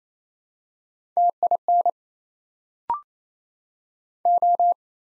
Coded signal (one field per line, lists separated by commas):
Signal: Morse code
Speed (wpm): 27 wpm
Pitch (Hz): 700 Hz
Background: none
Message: TIN O